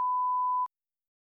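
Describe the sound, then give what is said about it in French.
A single steady electronic beep at a mid-high pitch holds evenly for about two-thirds of a second, then cuts off abruptly into silence. “Bip. Hein? Il s'étire encore et encore le pouce vert. Comme le son d'un beeper, c'est un son entêtant. Et si vous êtes capable d'imiter la sonnerie d'un beeper, alors vous pouvez parfaitement apprendre le chinois.”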